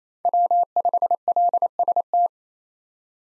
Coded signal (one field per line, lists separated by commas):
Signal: Morse code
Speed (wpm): 28 wpm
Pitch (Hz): 700 Hz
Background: none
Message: W5LST